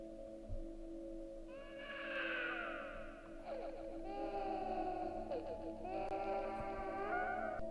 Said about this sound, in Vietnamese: Đang định đưa nốt quả cuối cùng vào mồm thì bà già dừng lại, bởi vì trong căn phòng tối lúc này vang lên tiếng khóc hờn dỗi của đứa trẻ con.